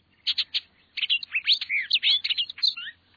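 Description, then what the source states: Hooded oriole singing a quick, jumbled warble of high chattering and whistled notes, opening with a few short chips before a rapid tumbling phrase. Sings near its sack-like nest in a palm at a man-made livestock tank oasis in southeast Arizona.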